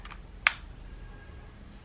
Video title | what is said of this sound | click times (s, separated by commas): My braces cleaning routine is now complete! - 5 Month Update | we hear it click | 0.5 s